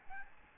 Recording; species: mosquito wingbeat signal from an infrared sensor; Aedes albopictus